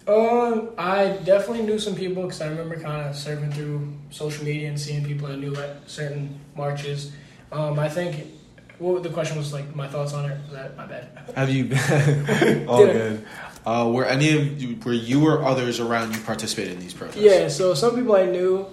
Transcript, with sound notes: I definitely knew some people because I remember kind of surfing through social media and seeing people I knew at certain marches, I think, what..., the question was like, my thoughts on it? My bad.
Have you, {laughter} were any of you were you or others around you participate in these protests?
Yeah, so some people I knew,